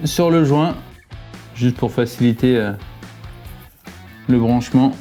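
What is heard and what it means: A fuel line quick connector, its O-ring lubricated, is handled at a motorcycle fuel tank outlet while someone talks, with music playing underneath. Nothing has seated or clicked yet.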